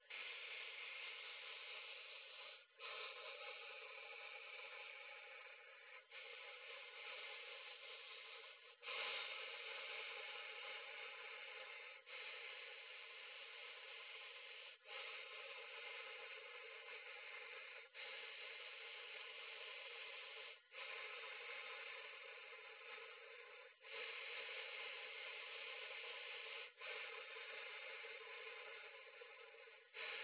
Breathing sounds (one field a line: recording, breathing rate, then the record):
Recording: paced breathing near a phone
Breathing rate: 10 breaths a minute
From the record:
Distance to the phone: 20 cm